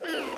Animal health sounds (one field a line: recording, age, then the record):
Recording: pig call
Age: piglet (1 to 25 days)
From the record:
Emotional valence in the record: positive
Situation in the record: huddling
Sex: female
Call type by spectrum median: low-frequency call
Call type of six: low-frequency tonal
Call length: 0.37 s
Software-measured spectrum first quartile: 465 Hz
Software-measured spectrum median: 1045 Hz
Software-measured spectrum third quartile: 2305 Hz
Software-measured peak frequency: 322 Hz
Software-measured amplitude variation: 82 dB a second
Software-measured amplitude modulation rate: 22.9 a second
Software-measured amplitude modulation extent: 3.6 dB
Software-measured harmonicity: 2.7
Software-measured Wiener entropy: -1.50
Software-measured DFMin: 808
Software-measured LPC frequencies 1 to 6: 517, 1572, 2926, 4671, 6329, 7629 Hz